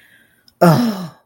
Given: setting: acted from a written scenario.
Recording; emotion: vocal sound without words; shame